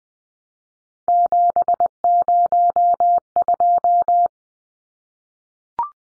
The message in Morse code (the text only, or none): 702